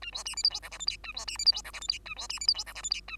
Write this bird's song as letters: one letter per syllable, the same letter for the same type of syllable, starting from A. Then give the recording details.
A B C D E F G H I J A B C D E F G H I J A B C D E F G H I J A. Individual Bird2